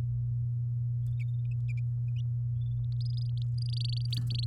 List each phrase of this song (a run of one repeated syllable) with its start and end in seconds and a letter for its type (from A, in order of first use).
2.92-4.45 A